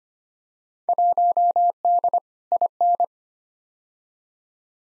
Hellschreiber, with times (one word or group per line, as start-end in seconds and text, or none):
none